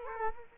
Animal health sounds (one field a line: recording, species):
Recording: mosquito wingbeat signal from an infrared sensor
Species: Culex quinquefasciatus